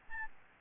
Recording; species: mosquito wingbeat signal from an infrared sensor; Aedes albopictus